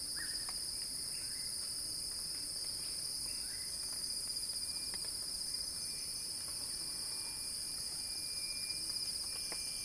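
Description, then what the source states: Cicadas buzzing in a steady high-pitched drone, while a bird gives short rising chirps now and then. Cicada chorus in a crescendo.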